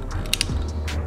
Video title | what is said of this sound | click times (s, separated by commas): Tenpoint Nitro XRT Crossbow | There's the click. | 0.3 s, 0.4 s